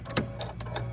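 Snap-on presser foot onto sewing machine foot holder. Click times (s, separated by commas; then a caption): 0.2 s. A snap-on presser foot is lowered onto a sewing machine's foot holder and snapped into place, with a sharp click at 0.2 s as it seats. A few fainter clicks follow over a steady low hum.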